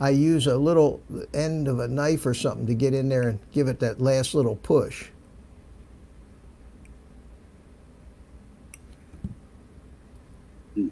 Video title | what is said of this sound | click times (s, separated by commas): Old Guy's FPV Workshop LIVE - Mar 15 2020 8 pm Eastern | it didn't catch under the under it didn't catch under this little so | none